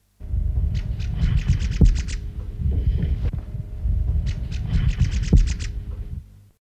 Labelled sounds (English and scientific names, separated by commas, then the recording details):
Red-cheeked Cordonbleu (Uraeginthus bengalus) call
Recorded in captivity
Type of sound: call
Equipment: Halbspur, 9,5 cm/s
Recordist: Lütgens, Hans
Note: Ruft ermattet kurz vor dem Tode